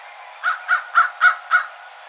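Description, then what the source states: American crow with five rapid, hoarse caws in close succession. Recorded 2007-03-12.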